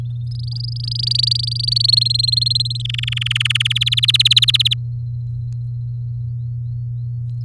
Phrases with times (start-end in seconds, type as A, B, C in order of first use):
0.27-1.91 A, 1.92-2.82 B, 2.85-3.73 C, 3.75-4.74 D